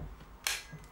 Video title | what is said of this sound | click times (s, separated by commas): Gamo MP9 First Look And First Shots | it snaps into place at the back here | 0.5 s